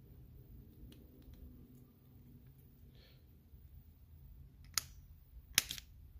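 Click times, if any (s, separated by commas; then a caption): 4.8 s, 5.6 s. A timing chain tensioner for a Gen 2 Coyote Mustang engine is pressed several times, awkwardly with one hand, to release its lock. Faint handling noise leads up to two sharp clicks at 4.8 s and 5.6 s. The tensioner releases and is now opened up.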